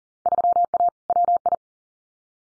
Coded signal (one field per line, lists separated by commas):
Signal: Morse code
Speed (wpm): 42 wpm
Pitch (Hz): 700 Hz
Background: none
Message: 3A WI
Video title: Field Day Exchange 40wpm